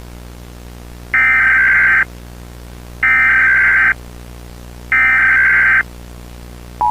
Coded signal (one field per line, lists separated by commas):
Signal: Emergency Alert System (SAME) tones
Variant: header bursts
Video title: War of the worlds (2005) eas alert found footage